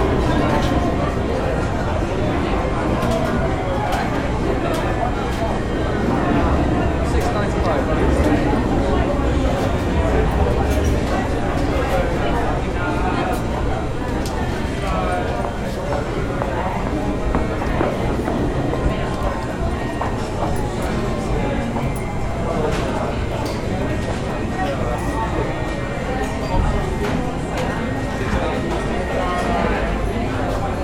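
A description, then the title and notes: A busy local pub bar fills the room with a constant murmur of many overlapping voices, none standing out clearly. The crowd noise stays dense and even throughout, with occasional light knocks and clatter, perhaps glasses or footsteps, scattered through the babble. LOCAL PUB • The Bar Sounds White Noise Machine.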